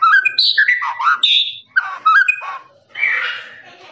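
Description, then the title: Lovebird song of quick squeaky chirps at shifting pitches, a short pause, then a rough buzzy burst. Long trilling 'ngekek' song used for training birds. "MASTERAN LOVEBIRD NGEKEK PANJANG"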